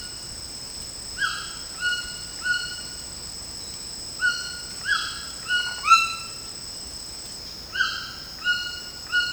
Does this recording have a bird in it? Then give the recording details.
yes. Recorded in dense forest near Puerto Asís, Putumayo, Colombia, on 25 June 2025 at 13:30. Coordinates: 0.499, -76.324. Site G100